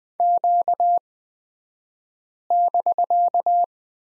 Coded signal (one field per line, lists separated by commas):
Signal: Morse code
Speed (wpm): 20 wpm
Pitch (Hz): 700 Hz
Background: none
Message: Q<BK>